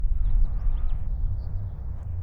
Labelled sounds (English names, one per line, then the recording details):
House Finch song
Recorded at Oak Beach on Long Island, New York, on 20 May 1975
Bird A